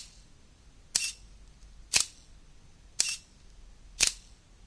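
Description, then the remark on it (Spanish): A camera shutter fires four times, taking one-second exposures while the sensor is checked for dust: sharp crisp clicks spaced evenly about a second apart, over a faint low hiss with no voices. “Y estoy haciendo unos disparos con un segundo.”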